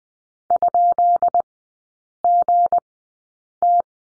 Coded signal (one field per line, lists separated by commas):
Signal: Morse code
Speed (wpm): 20 wpm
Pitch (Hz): 700 Hz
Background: none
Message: ?GT